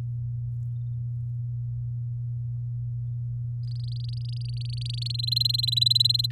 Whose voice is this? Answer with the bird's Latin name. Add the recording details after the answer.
Serinus canaria. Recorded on 9 May 2018 at 15:04. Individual llb16